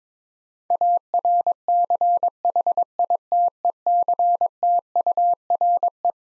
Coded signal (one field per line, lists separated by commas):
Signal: Morse code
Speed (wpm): 22 wpm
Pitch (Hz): 700 Hz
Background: none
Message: ARCHITECTURE